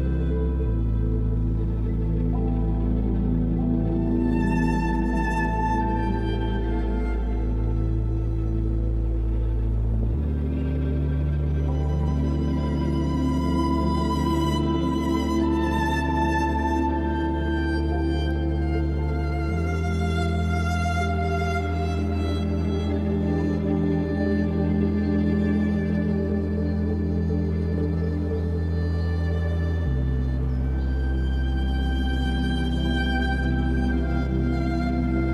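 Sustained string music holds steady, full chords over a deep, unbroken bass, shifting to a new chord roughly every ten seconds. Higher melodic lines drift above the held notes, and the overall loudness stays even throughout.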